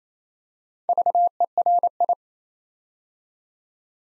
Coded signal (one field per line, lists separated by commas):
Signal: Morse code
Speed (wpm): 27 wpm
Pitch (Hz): 700 Hz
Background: none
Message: VERI